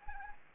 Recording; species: mosquito wingbeat signal from an infrared sensor; Anopheles gambiae